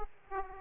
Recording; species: mosquito wingbeat signal from an infrared sensor; Aedes aegypti